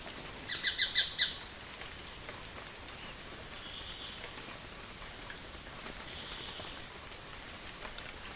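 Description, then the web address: Tacarcuna tapaculo: one quick burst of about five sharp, evenly spaced notes with bright overtones near the start, then faint background noise and patter. "sound Tacarcuna-tapaculo. دانلود-صدای-پرنده-تپلک-پانامایی"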